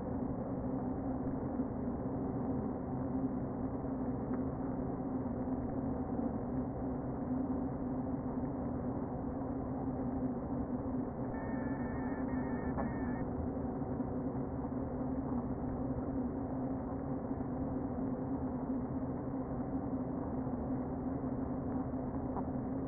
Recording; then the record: honeybee colony, microphone inside the hive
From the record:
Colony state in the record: queen present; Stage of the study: before two queens were removed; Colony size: about 60,000 bees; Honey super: yes